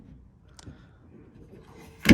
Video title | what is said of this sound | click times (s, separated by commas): Installing Pop & Lock Tailgate (14-21 Toyota Tundra) | You just have to put it in like this, and then it locked into place. | 2.1 s